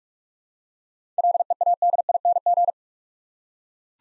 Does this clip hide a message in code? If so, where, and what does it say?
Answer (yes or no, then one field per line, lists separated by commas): yes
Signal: Morse code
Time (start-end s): 1.2-2.7 s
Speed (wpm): 44 wpm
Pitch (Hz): 700 Hz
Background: none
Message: LEADING